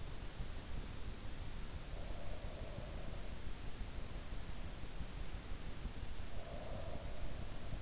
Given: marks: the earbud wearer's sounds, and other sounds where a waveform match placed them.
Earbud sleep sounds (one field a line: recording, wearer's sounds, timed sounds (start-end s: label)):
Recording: sounds in sleep by an in-ear microphone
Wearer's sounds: breath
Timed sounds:
1.65-3.42 s: breath
6.34-7.82 s: breath